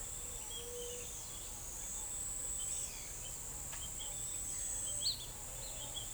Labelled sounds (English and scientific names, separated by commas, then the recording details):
Tropical Kingbird (Tyrannus melancholicus), White-tipped Dove (Leptotila verreauxi)
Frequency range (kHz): Tropical Kingbird (Tyrannus melancholicus) 2.4-3.6 kHz; White-tipped Dove (Leptotila verreauxi) 0.2-0.7 kHz
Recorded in forest near Pivijay, Magdalena, Colombia, on 2 June 2023 at 07:00
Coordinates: 10.467, -74.380
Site Z5-G034